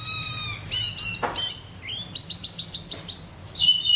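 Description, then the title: Orange-headed thrush song: varied whistled phrases, then a quick run of short high notes and a final bright note, over a low background hum. "Anis Merah"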